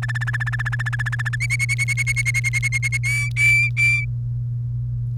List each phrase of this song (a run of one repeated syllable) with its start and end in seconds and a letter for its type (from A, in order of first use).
0.02-1.36 A, 1.41-2.97 B, 3.04-4.05 C